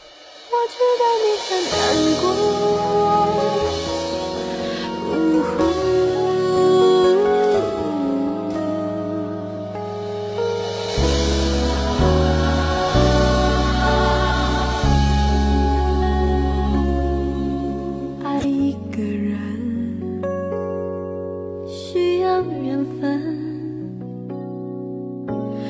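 A Mandarin pop song plays on Beijing radio station 猫FM 101.5 in 2016, its instrumental opening built from sustained chords and melodic lines over a deep, steady bass, holding a fairly even loudness with no talking over it.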